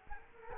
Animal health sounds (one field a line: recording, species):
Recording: mosquito wingbeat signal from an infrared sensor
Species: Culex quinquefasciatus